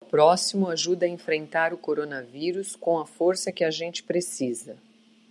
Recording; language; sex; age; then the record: spoken sentence; Brazilian Portuguese; female; 50 to 59 years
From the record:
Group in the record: control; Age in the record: 52 years